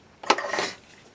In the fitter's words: with our 12 millimeter drill stop it allows it to snap into place